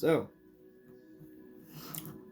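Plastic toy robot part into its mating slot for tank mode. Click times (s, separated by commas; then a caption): 2.0 s. Someone talks briefly as a plastic toy robot part is pushed into its mating slot while the toy is transformed into tank mode. Two sharp clicks follow at 2.0 s and 2.1 s. The part is seated and holds solid in tank mode.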